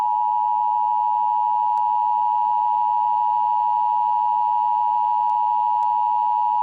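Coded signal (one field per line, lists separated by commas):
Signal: Emergency Alert System (SAME) tones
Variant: 853 and 960 Hz attention tone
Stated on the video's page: Simulated EAS alert based on a TV episode, using real EAS tones made with PowerPoint, text-to-speech and Audacity.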